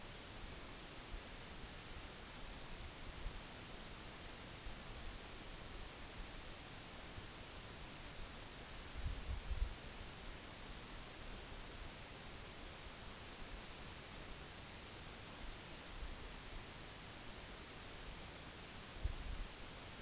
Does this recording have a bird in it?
no